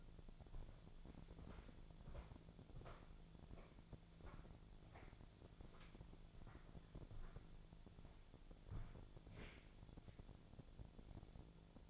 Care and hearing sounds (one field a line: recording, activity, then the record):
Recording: daily activity, microphone in the room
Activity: walk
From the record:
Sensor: 5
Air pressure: 1008.3 hPa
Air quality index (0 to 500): 151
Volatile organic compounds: 3 ppm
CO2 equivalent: 1453 ppm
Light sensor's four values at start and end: 62/172/67/68 and 62/172/67/68